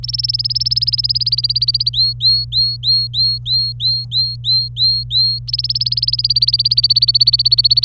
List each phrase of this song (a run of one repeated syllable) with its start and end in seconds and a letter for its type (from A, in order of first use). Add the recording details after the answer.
0.03-1.89 A, 1.93-5.39 B, 5.47-7.84 A. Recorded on 26 April 2018 at 09:13. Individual llb3